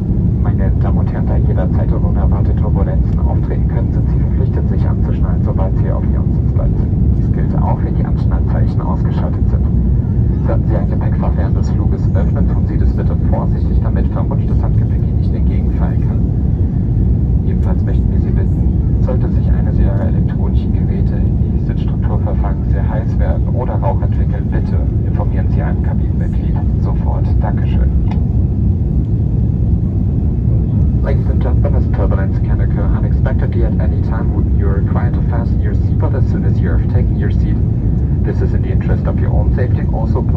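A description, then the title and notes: Inside an airliner cabin in flight, a deep, steady engine roar fills the whole recording at constant loudness. Speech, likely passengers talking or an announcement, runs intermittently over it, with small clinks and rustles from cabin service scattered throughout. FULL FLIGHT - Airbus A330 Palma to Frankfurt (Condor). We are taking off from Palma de Mallorca in a fully booked Airbus A330 -200 from Condor, a german leisure airline and flying back to Germanys biggest airport Frankfurt International.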